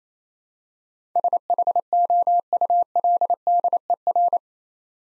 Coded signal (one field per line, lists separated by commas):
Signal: Morse code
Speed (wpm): 28 wpm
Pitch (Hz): 700 Hz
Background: none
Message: SHOULDER